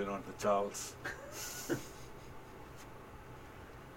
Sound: laughter